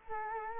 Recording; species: mosquito wingbeat signal from an infrared sensor; Culex quinquefasciatus